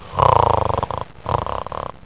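Two rattling, fluttering breath sounds, each lasting under a second with a short pause between them, have a coarse vibrating quality throughout. This is snoring from an adult man.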